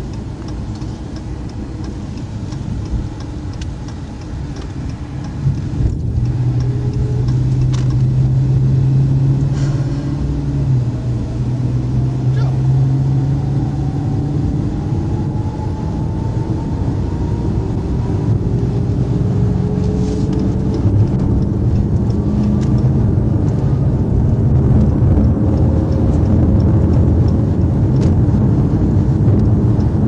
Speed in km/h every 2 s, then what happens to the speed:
37, 35, 34, 40, 45, 58, 66, 72, 76, 87, 93, 103, 106, 109, 106.
4-22 speeds up to 103. 22-30 steady at about 106.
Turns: none.